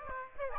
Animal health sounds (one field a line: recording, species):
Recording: mosquito wingbeat signal from an infrared sensor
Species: Aedes aegypti